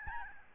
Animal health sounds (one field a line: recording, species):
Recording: mosquito wingbeat signal from an infrared sensor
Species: Aedes albopictus